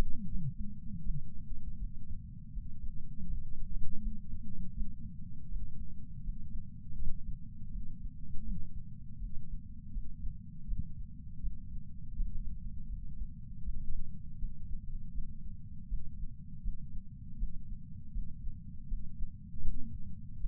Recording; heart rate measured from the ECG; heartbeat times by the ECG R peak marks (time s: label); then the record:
heart sounds by patch sensor on the chest; 81 bpm
0.27 s: heartbeat
1.02 s: heartbeat
1.77 s: heartbeat
2.51 s: heartbeat
3.25 s: heartbeat
3.99 s: heartbeat
4.73 s: heartbeat
5.48 s: heartbeat
6.21 s: heartbeat
6.95 s: heartbeat
7.70 s: heartbeat
8.43 s: heartbeat
9.17 s: heartbeat
9.91 s: heartbeat
10.65 s: heartbeat
11.39 s: heartbeat
12.14 s: heartbeat
12.87 s: heartbeat
13.63 s: heartbeat
14.37 s: heartbeat
15.11 s: heartbeat
15.87 s: heartbeat
16.61 s: heartbeat
17.36 s: heartbeat
18.11 s: heartbeat
18.86 s: heartbeat
19.61 s: heartbeat
20.37 s: heartbeat
From the record:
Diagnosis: coronary artery disease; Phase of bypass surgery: intraoperative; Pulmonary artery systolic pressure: 27 mmHg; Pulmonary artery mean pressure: 22 mmHg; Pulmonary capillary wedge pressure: 12 mmHg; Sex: male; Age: 49 years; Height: 175 cm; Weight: 80 kg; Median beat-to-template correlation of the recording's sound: 0.80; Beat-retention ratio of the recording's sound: 1.00